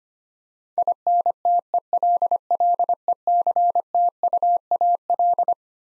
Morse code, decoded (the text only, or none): INTELLECTUAL